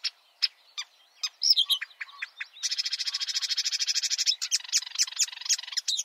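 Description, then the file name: Marsh warbler singing a varied phrase: scattered sharp notes, then a long dense buzzy trill lasting over a second, followed by quick twittering whistles. "suara-kicauan-burung-marsh-warbler -omkicau"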